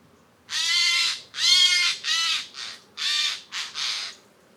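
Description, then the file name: Eurasian jay screeching calls, a run of seven harsh, rasping shrieks, the first few long and loud, the later ones shorter, over a quiet background. "Garrulus glandarius"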